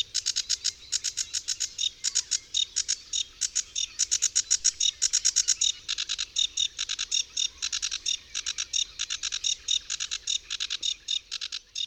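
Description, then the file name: Sedge warbler song, a long stream of rapid, dry chattering notes repeated in grating trains, steady and loud throughout. "Rokitniczka"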